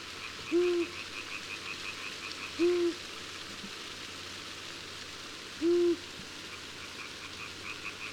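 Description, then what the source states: Long-eared owl giving low single hoots at uneven intervals of two to three seconds, faint high insect-like chirping behind. Recorded in summer.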